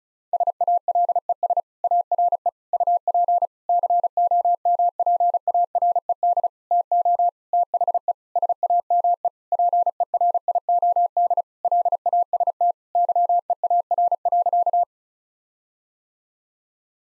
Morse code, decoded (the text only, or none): SALES ARE UP COMPARED TO THE SAME PERIOD LAST YEAR.